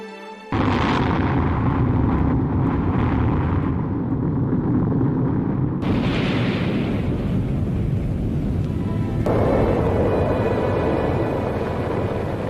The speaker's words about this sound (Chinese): 这是一项完全依靠自身力量完成的原创性工作，是我国首次进行的液氢液氧火箭发动机的地面试验，对两弹一星的研制产生了积极的影响。